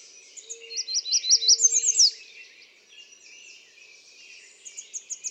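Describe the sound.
American redstart song: a quick series of thin, high notes rising in emphasis and ending in a sharp down-slurred note, followed by fainter high notes.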